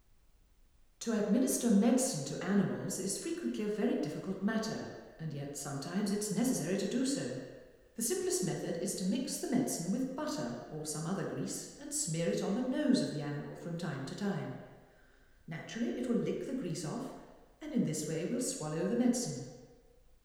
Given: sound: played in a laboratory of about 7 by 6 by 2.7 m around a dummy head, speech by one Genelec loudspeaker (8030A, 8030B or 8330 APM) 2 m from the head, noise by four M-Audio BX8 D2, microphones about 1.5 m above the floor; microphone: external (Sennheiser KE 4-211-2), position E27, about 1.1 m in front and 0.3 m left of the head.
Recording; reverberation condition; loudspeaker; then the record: female speech in English; high; 30 degrees to the right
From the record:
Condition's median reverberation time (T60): about 1300 ms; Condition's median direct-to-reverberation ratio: about -4.0 dB